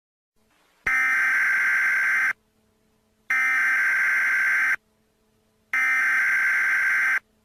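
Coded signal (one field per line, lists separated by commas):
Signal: Emergency Alert System (SAME) tones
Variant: header bursts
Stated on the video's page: Fictional dinosaur-attack scenario, not a real alert.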